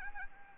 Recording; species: mosquito wingbeat signal from an infrared sensor; Anopheles arabiensis